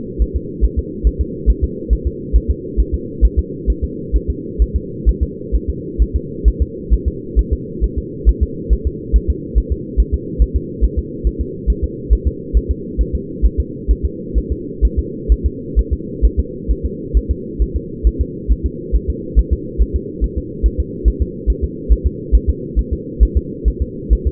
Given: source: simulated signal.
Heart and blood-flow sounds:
fetal heart sounds
0.22 s: S1
0.36 s: S2
0.64 s: S1
0.79 s: S2
1.07 s: S1
1.21 s: S2
1.50 s: S1
1.64 s: S2
1.93 s: S1
2.07 s: S2
2.36 s: S1
2.51 s: S2
2.80 s: S1
2.94 s: S2
3.25 s: S1
3.39 s: S2
3.70 s: S1
3.84 s: S2
4.16 s: S1
4.30 s: S2
4.62 s: S1
4.76 s: S2
5.09 s: S1
5.23 s: S2
5.55 s: S1
5.70 s: S2
6.02 s: S1
6.16 s: S2
6.48 s: S1
6.62 s: S2
6.94 s: S1
7.08 s: S2
7.39 s: S1
7.53 s: S2
7.84 s: S1
7.98 s: S2
8.29 s: S1
8.43 s: S2
8.73 s: S1
8.87 s: S2
9.16 s: S1
9.30 s: S2
9.58 s: S1
9.72 s: S2
10.00 s: S1
10.14 s: S2
10.42 s: S1
10.56 s: S2
10.84 s: S1
10.99 s: S2
11.27 s: S1
11.41 s: S2
11.70 s: S1
11.84 s: S2
12.13 s: S1
12.28 s: S2
12.57 s: S1
12.71 s: S2
13.01 s: S1
13.15 s: S2
13.45 s: S1
13.60 s: S2
13.91 s: S1
14.05 s: S2
14.38 s: S1
14.52 s: S2
14.85 s: S1
14.99 s: S2
15.32 s: S1
15.46 s: S2
15.79 s: S1
15.93 s: S2
16.25 s: S1
16.40 s: S2
16.71 s: S1
16.85 s: S2
17.17 s: S1
17.31 s: S2
17.62 s: S1
17.76 s: S2
18.07 s: S1
18.21 s: S2
18.51 s: S1
18.66 s: S2
18.95 s: S1
19.10 s: S2
19.39 s: S1
19.53 s: S2
19.82 s: S1
19.96 s: S2
20.24 s: S1
20.38 s: S2
20.66 s: S1
20.80 s: S2
21.08 s: S1
21.22 s: S2
21.50 s: S1
21.64 s: S2
21.92 s: S1
22.07 s: S2
22.35 s: S1
22.50 s: S2
22.79 s: S1
22.93 s: S2
23.23 s: S1
23.37 s: S2
23.68 s: S1
23.82 s: S2
24.13 s: S1
24.27 s: S2
From the record:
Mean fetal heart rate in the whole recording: 135 bpm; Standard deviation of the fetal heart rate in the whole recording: 3 bpm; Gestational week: 34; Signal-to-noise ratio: -4.1 dB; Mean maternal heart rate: no maternal heart sound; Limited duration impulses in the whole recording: absent

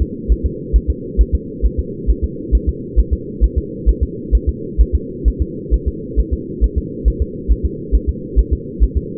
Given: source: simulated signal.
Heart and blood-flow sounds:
fetal heart sounds
0.02 s: S2
0.32 s: S1
0.46 s: S2
0.76 s: S1
0.90 s: S2
1.21 s: S1
1.35 s: S2
1.65 s: S1
1.79 s: S2
2.10 s: S1
2.24 s: S2
2.55 s: S1
2.69 s: S2
3.00 s: S1
3.13 s: S2
3.44 s: S1
3.58 s: S2
3.89 s: S1
4.03 s: S2
4.35 s: S1
4.49 s: S2
4.81 s: S1
4.95 s: S2
5.28 s: S1
5.42 s: S2
5.74 s: S1
5.88 s: S2
6.20 s: S1
6.33 s: S2
6.64 s: S1
6.78 s: S2
7.08 s: S1
7.22 s: S2
7.52 s: S1
7.65 s: S2
7.95 s: S1
8.09 s: S2
8.39 s: S1
8.53 s: S2
8.83 s: S1
8.97 s: S2
From the record:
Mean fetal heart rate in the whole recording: 135 bpm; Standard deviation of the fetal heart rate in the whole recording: 3 bpm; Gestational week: 34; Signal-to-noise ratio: -4.1 dB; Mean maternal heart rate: no maternal heart sound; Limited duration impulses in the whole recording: absent

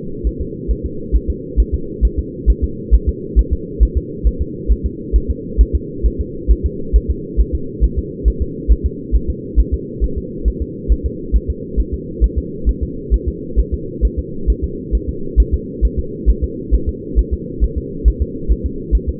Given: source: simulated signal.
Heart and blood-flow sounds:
fetal heart sounds
0.27 s: S1
0.41 s: S2
0.71 s: S1
0.86 s: S2
1.16 s: S1
1.30 s: S2
1.60 s: S1
1.74 s: S2
2.05 s: S1
2.19 s: S2
2.50 s: S1
2.64 s: S2
2.94 s: S1
3.09 s: S2
3.39 s: S1
3.53 s: S2
3.83 s: S1
3.97 s: S2
4.27 s: S1
4.42 s: S2
4.72 s: S1
4.86 s: S2
5.16 s: S1
5.30 s: S2
5.61 s: S1
5.75 s: S2
6.06 s: S1
6.20 s: S2
6.51 s: S1
6.66 s: S2
6.96 s: S1
7.10 s: S2
7.40 s: S1
7.55 s: S2
7.84 s: S1
7.98 s: S2
8.28 s: S1
8.42 s: S2
8.72 s: S1
8.86 s: S2
9.16 s: S1
9.30 s: S2
9.60 s: S1
9.74 s: S2
10.04 s: S1
10.18 s: S2
10.48 s: S1
10.62 s: S2
10.92 s: S1
11.06 s: S2
11.36 s: S1
11.50 s: S2
11.80 s: S1
11.94 s: S2
12.24 s: S1
12.38 s: S2
12.69 s: S1
12.83 s: S2
13.14 s: S1
13.28 s: S2
13.59 s: S1
13.74 s: S2
14.05 s: S1
14.19 s: S2
14.50 s: S1
14.64 s: S2
14.95 s: S1
15.09 s: S2
15.40 s: S1
15.54 s: S2
15.85 s: S1
15.99 s: S2
16.30 s: S1
16.44 s: S2
16.74 s: S1
16.89 s: S2
17.19 s: S1
17.33 s: S2
17.64 s: S1
17.78 s: S2
18.08 s: S1
18.22 s: S2
18.52 s: S1
18.66 s: S2
18.95 s: S1
19.09 s: S2
From the record:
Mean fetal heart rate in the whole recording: 135 bpm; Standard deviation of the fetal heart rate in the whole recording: 3 bpm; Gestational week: 34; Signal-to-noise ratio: -4.3 dB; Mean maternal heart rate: 72 bpm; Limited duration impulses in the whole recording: absent

